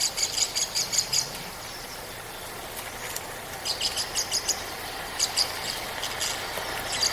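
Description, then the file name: Lovebird calls: rapid runs of sharp, high chirps, first at the start, then again after three and five seconds, with lone chirps between and constant background hiss. "Sedaye Morghe Eshgh"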